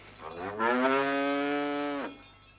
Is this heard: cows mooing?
yes